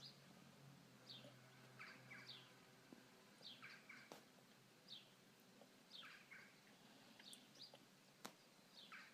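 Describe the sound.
Bird calls: short, faint downslurred chirps repeated irregularly every second or so, over a low steady hum.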